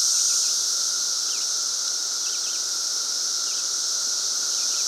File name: Fox Ridge Bluff Cicadas at 3. 52 PM on Memorial Day 2024